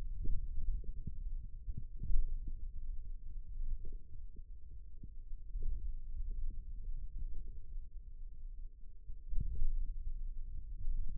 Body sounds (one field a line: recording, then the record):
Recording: forearm muscle sounds (acoustic myography)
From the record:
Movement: finger pinch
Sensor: system 2, bracelet of six BSWA MPA416 microphones around the upper forearm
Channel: 4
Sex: male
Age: 22 years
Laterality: right